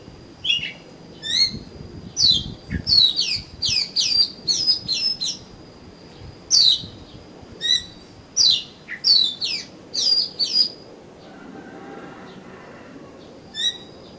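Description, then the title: Oriental magpie-robin delivering varied chirps and down-slurred whistles in a long series, with a faint steady high tone underneath and a quieter stretch near the end. "Kacer Kacer"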